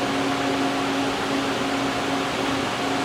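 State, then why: Not seated. A MIG welding torch, swapped in for the TIG torch, is handled at the torch mount of a Redi2Weld-3 automated pipe welding carriage. A steady broadband hum with faint tonal lines fills the clip, and nothing has seated or clicked yet.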